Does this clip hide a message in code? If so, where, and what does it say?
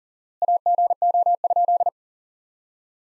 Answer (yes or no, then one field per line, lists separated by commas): yes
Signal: Morse code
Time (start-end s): 0.4-1.9 s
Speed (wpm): 40 wpm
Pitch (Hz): 700 Hz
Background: none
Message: AGO?